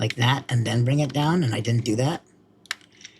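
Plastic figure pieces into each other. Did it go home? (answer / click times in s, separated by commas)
yes / 2.7 s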